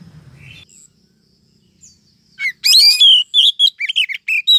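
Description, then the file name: Oriental magpie-robin: a few faint notes, then a loud run of varied whistles and scratchy chirps, delivered rapidly in short bursts. Female calling to the male, intended to prompt him into full, frequent song. "Suara Kacer Betina Memanggil Sang Jantan Agar Cepat Gacor"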